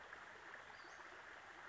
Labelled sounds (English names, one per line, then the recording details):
Western Flycatcher
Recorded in Sonoma County, California